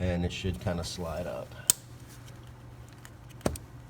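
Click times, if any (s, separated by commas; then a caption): 3.5 s. Someone talks while pulling up on the small plastic locking clip of a Volkswagen Jetta ignition coil-pack wiring harness connector so it slides up. A sharp click at 3.5 s marks the clip popping open and releasing the connector. A fainter click follows.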